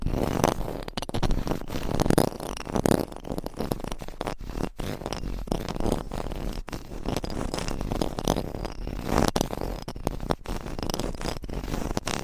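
Rough scratching rubs across a microphone, continuous and dense for the whole twelve seconds. The sound is mostly low and thick, with gritty rasps and brief dropouts breaking it up irregularly, some strokes brighter and zipper-like, others dull and fuzzy.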